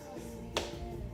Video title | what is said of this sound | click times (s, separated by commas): How to assemble an SCA Skimmer | slide the pump till you hear it snap | 0.6 s